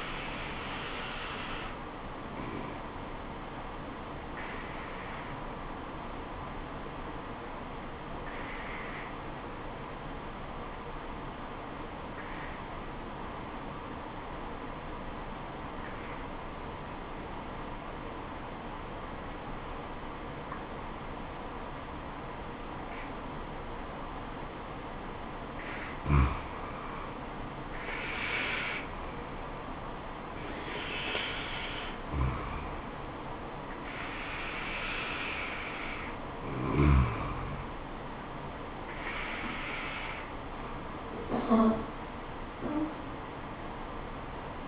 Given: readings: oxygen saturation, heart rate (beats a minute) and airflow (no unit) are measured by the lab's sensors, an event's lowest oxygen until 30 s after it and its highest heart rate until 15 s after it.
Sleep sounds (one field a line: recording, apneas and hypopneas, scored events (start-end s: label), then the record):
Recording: breathing in sleep by a voice recorder at the bedside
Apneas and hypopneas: 1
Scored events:
3.00-27.10 s: obstructive apnea (N2, oxygen 96% highest, then 88% lowest, heart rate 74 at the start, 80 highest)
From the record:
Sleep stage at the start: N2 (light sleep)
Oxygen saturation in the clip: 88 to 96%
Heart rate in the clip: 67 to 80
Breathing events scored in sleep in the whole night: 426 in 7.4 hours asleep